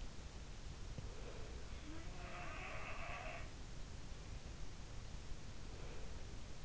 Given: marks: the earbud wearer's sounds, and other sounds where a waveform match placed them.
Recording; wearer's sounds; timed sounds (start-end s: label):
sounds in sleep by an in-ear microphone; breath
0.86-1.52 s: breath
1.98-3.66 s: sound from someone else or the room
5.55-6.35 s: breath